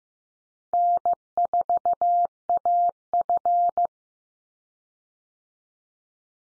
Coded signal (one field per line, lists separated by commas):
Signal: Morse code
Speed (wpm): 15 wpm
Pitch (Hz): 700 Hz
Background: none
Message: N4AF